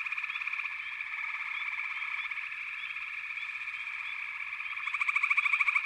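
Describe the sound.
Frogs calling in chorus, a continuous buzzy pulsing drone with short rising chirps scattered through it, growing louder and more rapidly pulsed near the end.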